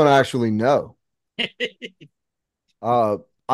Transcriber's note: laughs